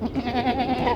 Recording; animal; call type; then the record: contact call of a hoofed animal; goat; low-frequency (closed-mouth) or high-frequency (open-mouth) call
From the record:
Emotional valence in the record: negative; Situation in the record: short social isolation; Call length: 0.96 s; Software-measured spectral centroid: 1570 Hz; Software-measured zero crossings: 1460 a second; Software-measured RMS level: -24 dBFS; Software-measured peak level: -8 dBFS